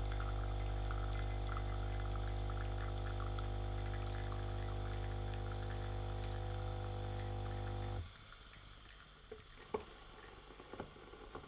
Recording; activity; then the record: daily activity, microphone in the room; make coffee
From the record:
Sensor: 4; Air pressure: 995.8 hPa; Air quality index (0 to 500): 67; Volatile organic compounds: 2 ppm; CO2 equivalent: 1216 ppm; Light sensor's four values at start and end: 10/23/9/9 and 10/24/9/9